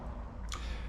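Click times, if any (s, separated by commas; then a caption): 0.5 s. The lever drag on a Penn Squall SQL60LD fishing reel is pushed back off its strike-position detent, where the sleeve had locked past a small dot, to go to full free spool with no drag. A single sharp click sounds at 0.5 s over low background noise, and the lever releases from the detent easily.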